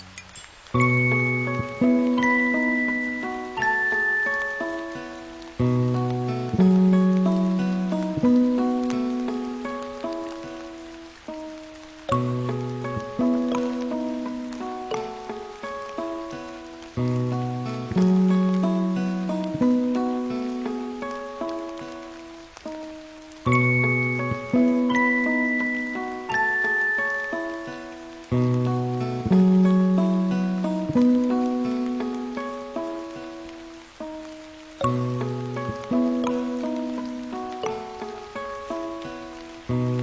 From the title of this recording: Music w/ Rain Sounds